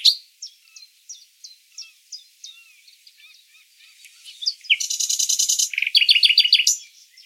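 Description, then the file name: Common nightingale song: evenly spaced short notes, soft warbles, then an intense buzzy burst followed by a quick rattling trill. "Luscinia megarhynchos"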